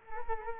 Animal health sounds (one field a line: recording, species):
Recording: mosquito wingbeat signal from an infrared sensor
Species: Culex quinquefasciatus